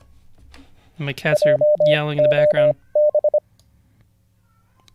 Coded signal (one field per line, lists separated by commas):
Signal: Morse code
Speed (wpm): 25 wpm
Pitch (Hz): 600 Hz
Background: speech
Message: JOB